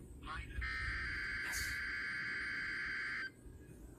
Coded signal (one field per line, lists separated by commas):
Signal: Emergency Alert System (SAME) tones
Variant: header bursts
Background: speech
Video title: Last RWT At My Old House (EAS 27)